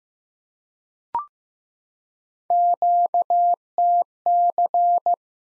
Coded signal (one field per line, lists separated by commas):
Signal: Morse code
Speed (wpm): 15 wpm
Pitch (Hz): 700 Hz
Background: none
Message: QTC